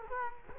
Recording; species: mosquito wingbeat signal from an infrared sensor; Culex quinquefasciatus